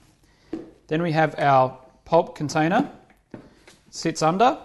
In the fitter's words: At this point, lock in the arm.